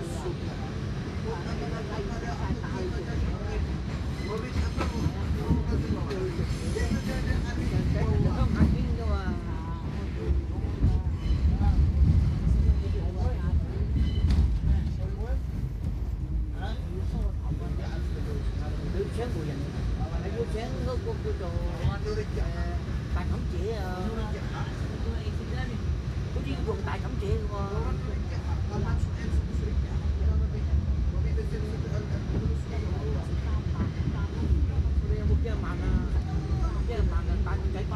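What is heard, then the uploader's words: A New York subway ride: a constant low rumble and roar of the train fills the whole clip at a steady level. Voices of people talking run throughout, mixed in with the din, with brief clanks and rattles scattered along the way. Nyc subway sounds.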